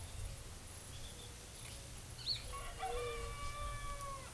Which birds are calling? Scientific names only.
none